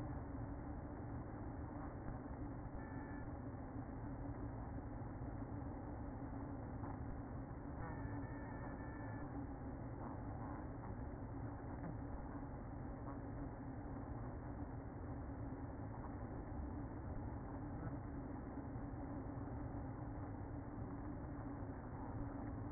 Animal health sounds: honeybee colony, microphone inside the hive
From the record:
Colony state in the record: queen present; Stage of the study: after two queens were removed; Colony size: about 60,000 bees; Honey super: yes

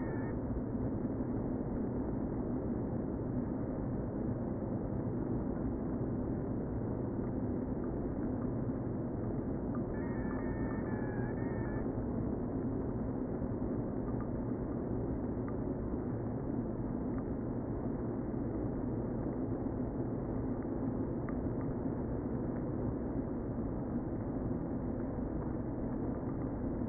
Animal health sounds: honeybee colony, microphone inside the hive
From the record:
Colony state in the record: queen present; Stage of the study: before two queens were removed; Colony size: about 60,000 bees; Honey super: yes

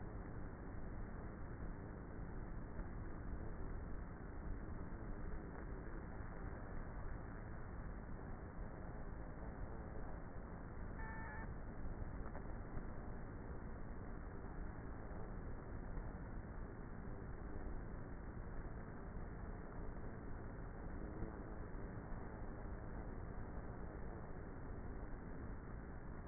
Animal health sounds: honeybee colony, microphone inside the hive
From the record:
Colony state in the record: queenless with a low population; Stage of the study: before two queens were removed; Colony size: about 30,000 bees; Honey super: no

